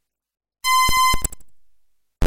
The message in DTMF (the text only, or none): none